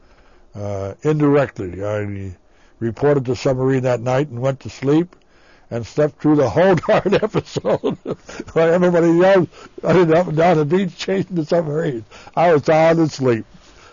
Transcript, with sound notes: Indirectly. I reported a submarine that night and went to sleep, and slept through the whole darn episode. (he laughs) While everybody else was up and down the beach chasing the submarine, I was sound asleep.